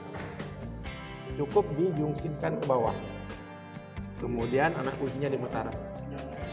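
Someone talks over music while handling the key cylinder and lock mechanism of a uPVC door: the lever handle is pushed down, then the key is turned in the cylinder. The clip ends before the lock engages, so nothing has seated or clicked yet.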